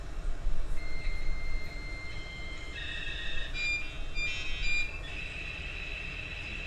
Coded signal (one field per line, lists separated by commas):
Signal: dial-up modem handshake